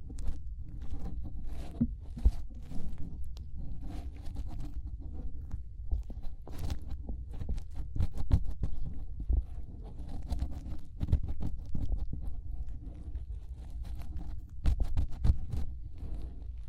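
A finger rubs and works inside the ear, making a steady low rumbling pressure with dense crackling scratches throughout. Sharp clicks and pops break through irregularly, with busier, louder bursts around seconds 7 to 8 and again near 15.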